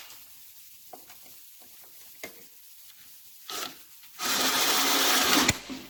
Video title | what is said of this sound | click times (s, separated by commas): TimberTech Fasteners Part Two by John Klovansky | you go until you hear that click. That click means that you've separated it and | 5.5 s